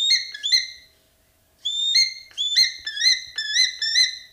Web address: Natures Songs S America Eastern Lowlands Spizastur melanoleucus, calls